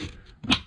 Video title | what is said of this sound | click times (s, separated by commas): 2012 hemi 1500 project X (Candy Apple) Part 18. Console, Dash Removal, Filter mod and actuator R&R. | push it over until it locks in place and there you go | 0.4 s